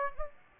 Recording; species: mosquito wingbeat signal from an infrared sensor; Aedes aegypti